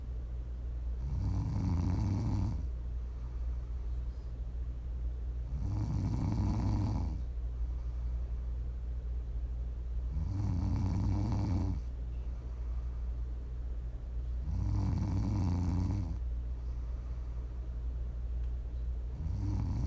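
ASMR snoring: regular low rumbling snores on each breath, about 13 a minute, over a steady background hum.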